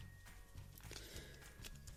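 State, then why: Not seated. A plastic tab on the second side of a Transformers Earthrise Deluxe Class Runamuck action figure is handled during transformation, being lined up to push down into its hole. Light plastic taps and handling ticks come at about 0.8, 0.9, 1.8 and 1.9 seconds over a steady low hum. The tab has not clicked or seated into its hole yet.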